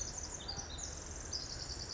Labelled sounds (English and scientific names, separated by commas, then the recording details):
Pacific Wren (Troglodytes pacificus)
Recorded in Sonoma County, California